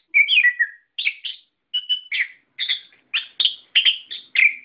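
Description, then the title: Bird chirping, a sliding whistled opening then short bursts of two or three sharp chirps about every half second. "SuaraBurung Kicau4"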